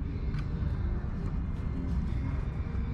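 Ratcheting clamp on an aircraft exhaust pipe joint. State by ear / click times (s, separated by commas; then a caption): not seated / none. A spring-steel ratcheting clamp on an aircraft exhaust pipe or muffler joint is handled as it is squeezed together to ratchet shut, over a steady low rumble and broadband background noise. Nothing has seated or clicked yet.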